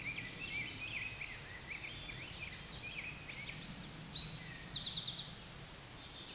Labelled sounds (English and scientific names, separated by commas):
Eastern Towhee (Pipilo erythrophthalmus) song